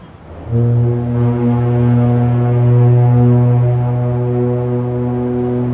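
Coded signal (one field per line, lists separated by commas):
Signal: ship horn signal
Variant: compressed-air lighthouse foghorn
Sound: a deep, steady, sustained foghorn blast starting after half a second, still sounding at the end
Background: outdoor wind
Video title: Sounding the Sumburgh Foghorn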